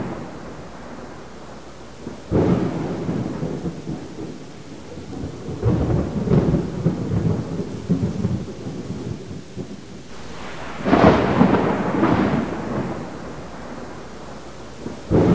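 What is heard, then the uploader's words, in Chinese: Thunder rolls through steady rain, starting quietly and then breaking into a deep rumble at about two seconds that grumbles on for several seconds. A second, brighter crack of thunder lands near eleven seconds before fading back to the rain's soft hiss. 大自然的声音_下雨雷电声。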